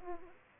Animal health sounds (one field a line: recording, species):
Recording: mosquito wingbeat signal from an infrared sensor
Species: Aedes aegypti